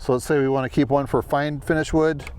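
Someone talks while handling a second metal jigsaw blade, a fine-finish wood blade from another brand, toward the onboard blade storage slot under the flip-open cover of a Milwaukee M12 barrel grip jigsaw. Only the voice is heard, with no click. Nothing has seated or clicked yet.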